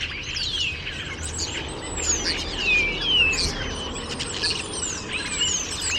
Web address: birddata Deverinetal 2025 Bird Only More Classes St Vu St Vu